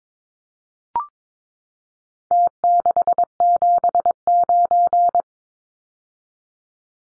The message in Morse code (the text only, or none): T679